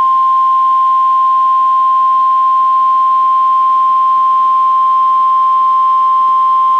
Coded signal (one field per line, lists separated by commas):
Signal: Emergency Alert System (SAME) tones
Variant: 1050 Hz attention tone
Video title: NOAA Weather Radio: Required Weekly Test on KEC76 (EAS #45)